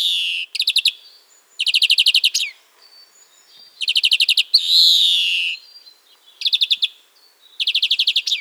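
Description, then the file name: European greenfinch song: rapid trilled bursts of ticking notes with a single long wheezy, buzzy note descending slightly midway, phrases separated by short pauses. "carduelis chloris"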